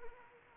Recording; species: mosquito wingbeat signal from an infrared sensor; Anopheles arabiensis